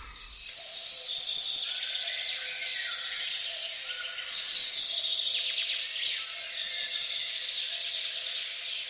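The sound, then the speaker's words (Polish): A dense, continuous chorus of high chirping and trilling birdsong in a late-spring forest, with a cuckoo's low calls faintly beneath, steady in loudness throughout and with no voices. “Gdzie jak jest kukanie kukułki, to znaczy, że już pogwizdały sobie te pierwsze ptaki, bo ona gdzieś musi podrzucać swoje jajka.”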